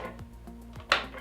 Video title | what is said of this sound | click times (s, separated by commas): Building Your First Custom PC: For beginners | clicks right in place | 0.9 s